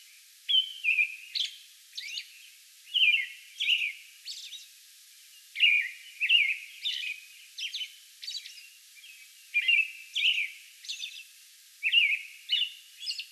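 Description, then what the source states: American robin song, repeated cheery slurred whistles interleaved with brief high squeaks. Song bout recorded May 11.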